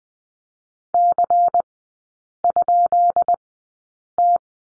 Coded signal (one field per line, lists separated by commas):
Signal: Morse code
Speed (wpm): 20 wpm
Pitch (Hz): 700 Hz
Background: none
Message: C?T